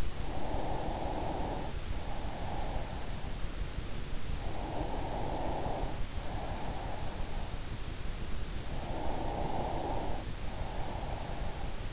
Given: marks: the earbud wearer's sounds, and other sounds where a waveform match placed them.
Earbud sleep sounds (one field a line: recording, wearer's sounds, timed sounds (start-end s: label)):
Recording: sounds in sleep by an in-ear microphone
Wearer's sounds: breath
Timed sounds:
0.00-3.39 s: breath
4.26-7.33 s: breath
8.45-11.93 s: breath